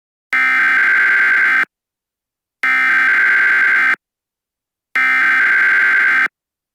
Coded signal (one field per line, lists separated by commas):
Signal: Emergency Alert System (SAME) tones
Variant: header bursts